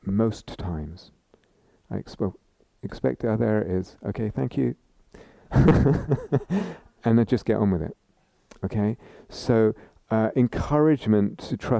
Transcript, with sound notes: most times. I expect, "Oh, there it is. Okay, thank you." [laughs] And I just get on with it. Okay? So encouragement to trust.